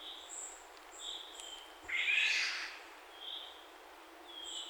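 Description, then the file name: Northern goshawk giving one harsh, screeching call lasting about a second, with faint high tonal whistles repeating in the background. Juvenile, recorded in Poland on 23 June 2014. "piotr szczypinski. accgent-juv poland"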